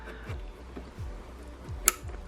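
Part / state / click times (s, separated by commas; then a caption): wiring harness connector onto indicator bulb holder / seated / 1.9 s. A plastic wiring harness connector with a push tab is lined up and pushed onto the LED indicator bulb holder of an Autobeam high-resistance performance LED indicator unit on a Mk3 Focus RS. Over a steady low background of repeating soft thumps, one short, bright click sounds at 1.9 s. The connector is fully seated.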